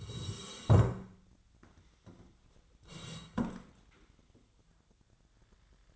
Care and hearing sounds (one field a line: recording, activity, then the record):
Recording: daily activity, microphone in the room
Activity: sit down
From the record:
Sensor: 3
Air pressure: 1012.3 hPa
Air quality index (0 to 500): 174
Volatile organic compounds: 3 ppm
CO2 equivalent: 1342 ppm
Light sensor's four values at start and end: 99/207/106/119 and 67/157/73/79